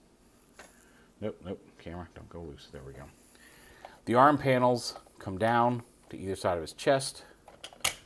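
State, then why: Seated. While someone talks, the arm panels of a plastic toy robot are folded down to either side of its chest during transformation. Small plastic clicks come just before a sharp, loud click at 7.9 s, when the panels snap into place.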